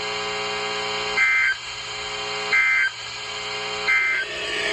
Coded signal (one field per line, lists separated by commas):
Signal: Emergency Alert System (SAME) tones